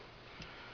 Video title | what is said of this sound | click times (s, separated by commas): Ruger LC9 field strip | and just pull that up a little bit and then pull that out you're going to hear a snap that's going to be the actual uh | 0.4 s